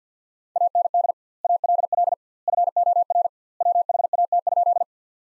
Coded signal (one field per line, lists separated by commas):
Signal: Morse code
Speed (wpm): 50 wpm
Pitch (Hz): 700 Hz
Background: none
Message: AND ALL FOR WHAT?